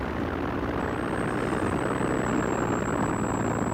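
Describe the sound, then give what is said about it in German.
An aircraft engine being throttled down at an altitude of 3500 in windless air drones steadily with a dense, rumbling roar and a thin high whine running through it, holding an even loudness throughout with no voices. “Ich drossle den Motor ab.”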